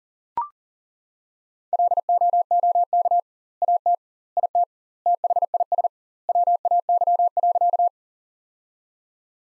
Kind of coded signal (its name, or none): Morse code